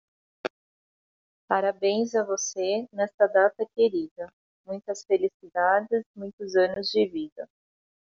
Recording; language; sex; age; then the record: short text; Brazilian Portuguese; female; 50 to 59 years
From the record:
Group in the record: control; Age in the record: 50 years